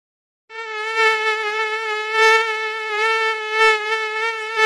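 Mosquito wing whine, a steady high-pitched buzz with a rich stack of harmonics, starting after a half-second of silence and wavering slightly in loudness throughout.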